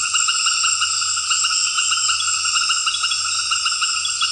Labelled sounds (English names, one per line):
none